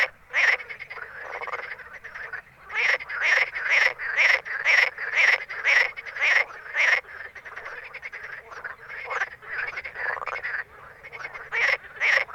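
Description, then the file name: Frog croaking in fast runs of rasping notes, about two per second, pausing briefly before starting another series. Recorded at night in Ruaudin in 2013. "Grenouilles Ruaudin nuit 2013"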